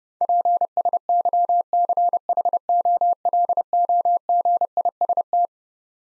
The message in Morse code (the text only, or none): PSYCHOLOGIST